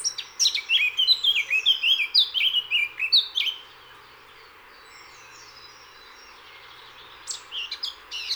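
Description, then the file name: Eurasian blackcap giving a quick run of sharp, downward-slurred high notes lasting over three seconds, then a pause before another short burst starts at the end. "Sylvia atricapilla"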